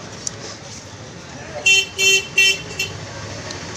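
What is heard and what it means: A metal lock clip is fitted into the piston pin groove of a Splendor Plus motorcycle engine during engine assembly, and a sharp metallic snap at 0.3 s shows it seating. Three louder tonal bursts follow between about 1.6 and 2.5 s, then brief knocks near 2.8 s and 3.5 s. The clip has seated in its groove to retain the piston pin.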